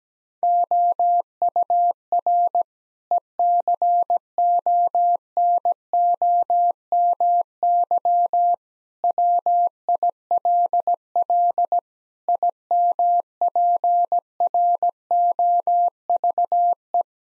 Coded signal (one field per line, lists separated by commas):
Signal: Morse code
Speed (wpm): 17 wpm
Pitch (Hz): 700 Hz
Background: none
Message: OUR ECONOMY WILL IMPROVE